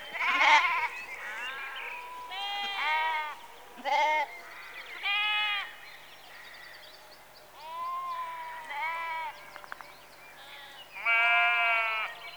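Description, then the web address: Sheep bleating: a series of quavering bleats every second or two. Sheep in a rural outdoor setting, recorded close in the early evening. "BBC Sound Effects Library. Sheep Early Evening- Close"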